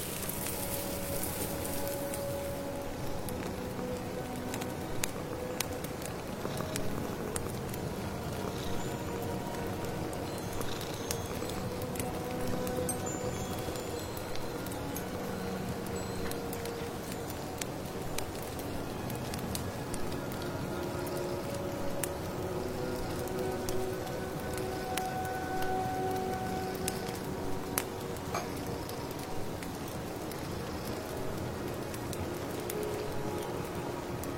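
Rustling rain patters steadily and densely throughout, a constant soft wash with little change in level. Sharp little crackles and ticks, like burning firewood, pop up often and irregularly, while faint wavering tones drift through the middle range.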